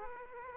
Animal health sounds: mosquito wingbeat signal from an infrared sensor; Aedes aegypti

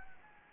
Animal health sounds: mosquito wingbeat signal from an infrared sensor; Anopheles gambiae

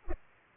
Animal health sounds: mosquito wingbeat signal from an infrared sensor; Culex pipiens

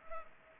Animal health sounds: mosquito wingbeat signal from an infrared sensor; Culex pipiens

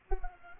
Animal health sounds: mosquito wingbeat signal from an infrared sensor; Culex pipiens

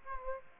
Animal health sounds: mosquito wingbeat signal from an infrared sensor; Aedes aegypti

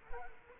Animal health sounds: mosquito wingbeat signal from an infrared sensor; Culex quinquefasciatus

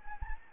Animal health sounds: mosquito wingbeat signal from an infrared sensor; Anopheles gambiae

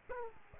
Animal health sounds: mosquito wingbeat signal from an infrared sensor; Aedes aegypti

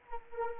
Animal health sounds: mosquito wingbeat signal from an infrared sensor; Anopheles arabiensis

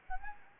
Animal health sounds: mosquito wingbeat signal from an infrared sensor; Anopheles arabiensis

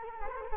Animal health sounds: mosquito wingbeat signal from an infrared sensor; Culex quinquefasciatus

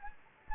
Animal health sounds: mosquito wingbeat signal from an infrared sensor; Anopheles gambiae

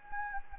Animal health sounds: mosquito wingbeat signal from an infrared sensor; Anopheles gambiae

